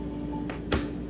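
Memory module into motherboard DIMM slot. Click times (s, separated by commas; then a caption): 0.7 s. A memory module, lined up by its notch, is pressed with two hands into a motherboard DIMM slot while steady tones hum in the background. A soft tick at 0.5 s comes before a sharp snap at 0.7 s as one side's retention clip latches. That is the first click, so the module is only partly seated.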